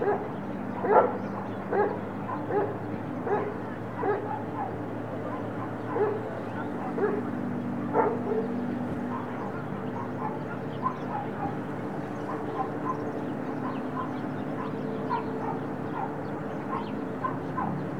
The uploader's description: daily recordings from my studio in the Serra de Collserola natural park